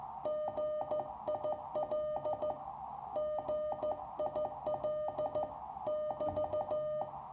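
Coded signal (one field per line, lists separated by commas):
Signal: Morse code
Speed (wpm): 14 wpm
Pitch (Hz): 610 Hz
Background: music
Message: GIL GIL <BT>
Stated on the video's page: Contacts to Eastern Europe on a Small Wonder Labs SW+ QRP radio, battery powered, with a Chameleon Hybrid Micro whip antenna.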